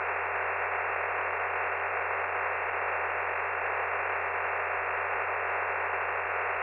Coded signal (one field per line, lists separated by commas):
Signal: digital SSTV (DRM)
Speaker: just put it on tx if you want to send it